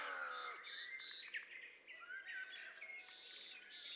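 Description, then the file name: Common nightingale song: a low descending whistled phrase, then varied warbled and whistled notes rising higher. "Luscinia megarhynchos"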